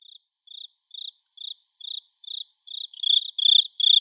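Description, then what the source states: Cricket with soft, evenly spaced chirps, then a louder, richer cricket chirping in the same rhythm for the last second. Natsu-no-tsuzuresase cricket, recorded in summer.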